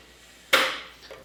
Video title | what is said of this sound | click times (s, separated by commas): 페스툴 테이블쏘 CS70, 목공 테이블쏘 | 딱 소리가 나면서 일단 에 있던 게 지금 몸체에 가운데로 왔구요 | 0.5 s